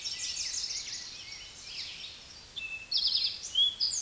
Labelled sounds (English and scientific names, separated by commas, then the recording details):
Eastern Towhee (Pipilo erythrophthalmus) song
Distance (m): 30 m
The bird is about 25 m above the microphone
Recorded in a Pennsylvania forest on 16 May 2024 at 08:55
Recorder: AudioMoth, point MSD-0788
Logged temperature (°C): 16.6 °C
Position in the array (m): 60 m, 14 m